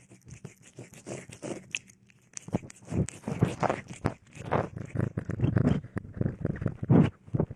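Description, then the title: Cat chewing, with irregular crunchy bites, louder in the second half. Cat eating, sleeping and playing. "猫咪进食、睡觉、玩耍的声音"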